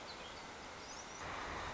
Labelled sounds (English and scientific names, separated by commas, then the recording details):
Song Sparrow (Melospiza melodia)
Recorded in Sonoma County, California